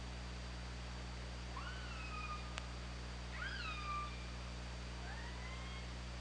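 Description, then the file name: Orca calls: three tonal, harmonic calls with pitch slides and one brief sharp click, over constant low underwater hum. Hydrophone recording, 24 August 2017, around 22:56. "Orca Lab"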